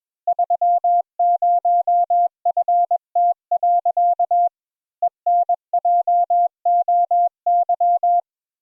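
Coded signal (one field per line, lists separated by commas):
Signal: Morse code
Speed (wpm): 21 wpm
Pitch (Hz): 700 Hz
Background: none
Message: 30FT. ENJOY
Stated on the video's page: Morse code practice session.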